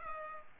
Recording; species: mosquito wingbeat signal from an infrared sensor; Culex pipiens